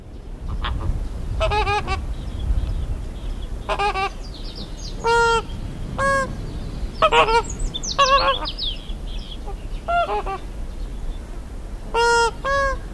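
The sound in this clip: Greater flamingo giving loud, nasal, goose-like honks, single or in short pairs at short intervals, with faint high chirping and low background rumble.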